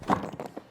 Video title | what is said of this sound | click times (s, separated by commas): Romer Veni Convertible Car Seat Product Review - Premium Car Seat - CANADA | give it a good you'll you'll hear it click once it catches there you go you can see | 0.1 s